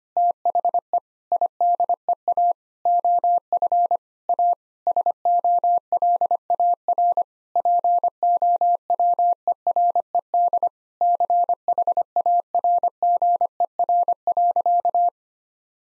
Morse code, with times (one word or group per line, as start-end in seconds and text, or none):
0.2-1.0 THE
1.3-2.5 IDEA
2.9-4.0 OF
4.3-4.5 A
4.9-7.2 SOLAR
7.6-10.7 POWERED
11.0-15.1 CHARGER.